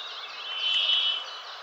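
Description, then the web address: Brambling call, a single drawn-out buzzy wheeze that swells and fades, with faint bird twitters behind. "Fugle Kvaekerfinke"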